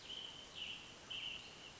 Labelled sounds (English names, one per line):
American Robin